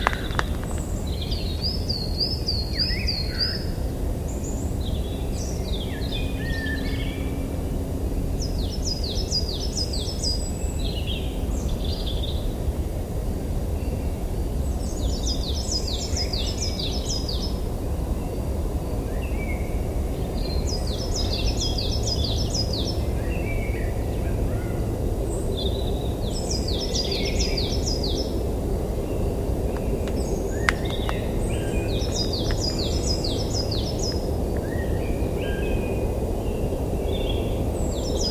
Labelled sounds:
Coal Tit (Periparus ater)

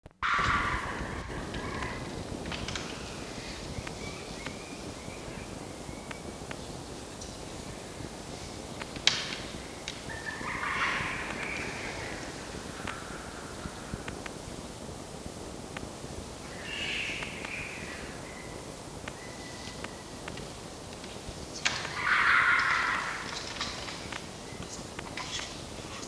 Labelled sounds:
Red Fox (Vulpes vulpes)

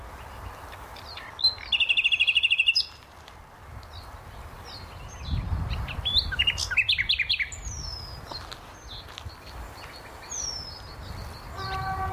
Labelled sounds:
Eurasian Penduline Tit (Remiz pendulinus) call

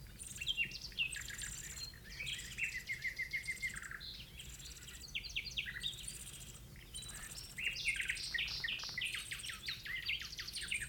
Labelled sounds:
Rock Bunting (Emberiza cia) call

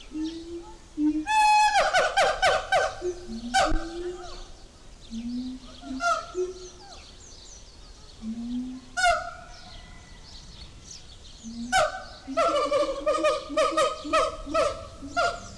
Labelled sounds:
Siamang (Symphalangus syndactylus)

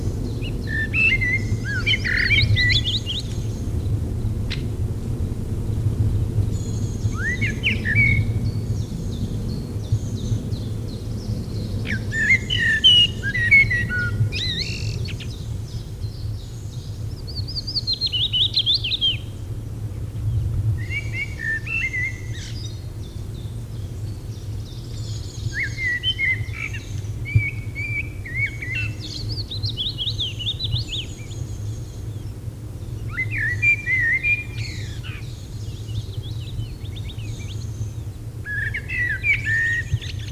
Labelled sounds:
Common Blackbird (Turdus merula) song

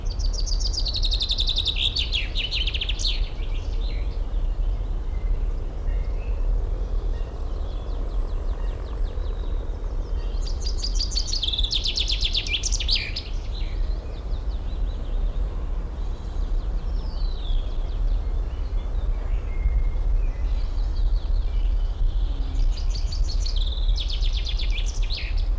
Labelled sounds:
Common Chaffinch (Fringilla coelebs)

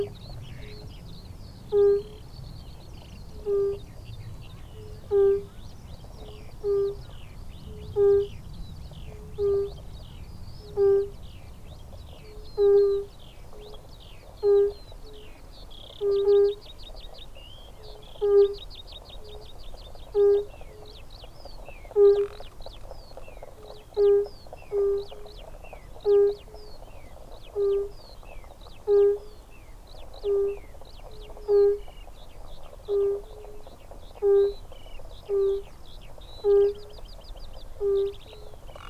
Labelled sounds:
Fire-Bellied Toad (Bombina bombina) call

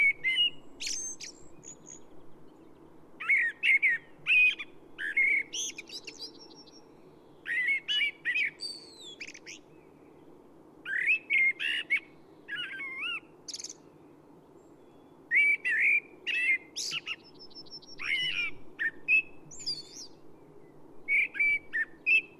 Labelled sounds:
Common Blackbird (Turdus merula) song

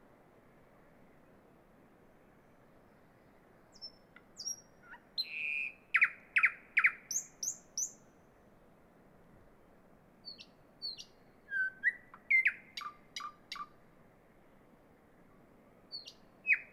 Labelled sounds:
Thrush Nightingale (Luscinia luscinia) song

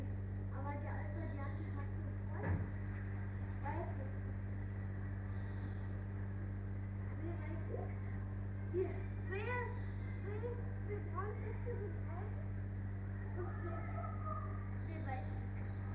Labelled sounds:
Arctic Fox (Vulpes lagopus)

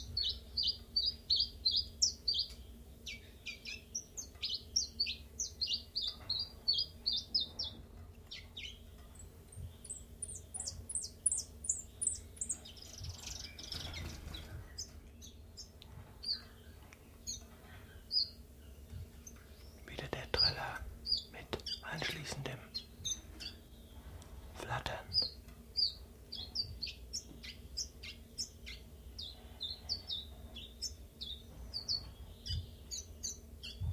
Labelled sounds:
Common Chiffchaff (Phylloscopus collybita)

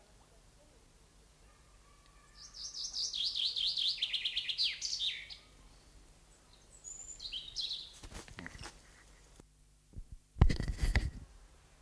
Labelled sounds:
Common Chaffinch (Fringilla coelebs) song

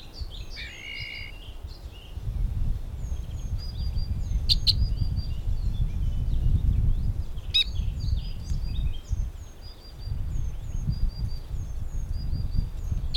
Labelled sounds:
Two-barred Crossbill (Loxia leucoptera)

